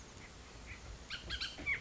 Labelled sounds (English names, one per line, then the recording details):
Bullock's Oriole
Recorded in Sonoma County, California